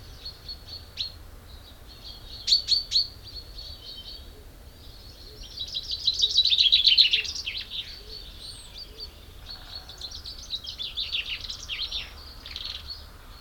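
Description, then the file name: Common chaffinch singing: sharp chips early on, then a loud, quick descending trill around the middle, and further twittering notes near the end. "Fringilla coelebs"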